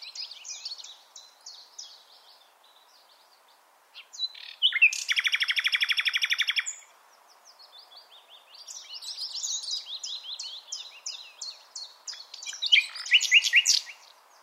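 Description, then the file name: Common nightingale singing varied phrases of high chirps, with a loud, buzzy, rapidly repeated trill in the middle before sweet warbled notes resume. "Luscinia megarhynchos"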